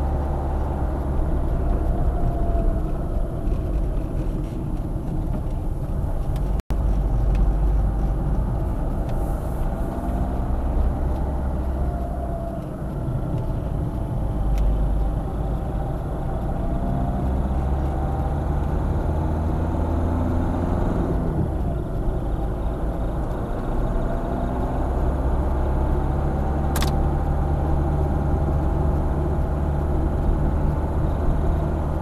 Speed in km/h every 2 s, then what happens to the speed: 42, 26, 22, 22, 29, 27, 23, 31, 36, 41, 41, 48, 52, 53, 54, 54.
0-3 brakes to 22. 6-8 speeds up to 29. 8-12 slows to 23. 12-24 speeds up to 52. 24-32 steady at about 53.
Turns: 2-8, 10-15.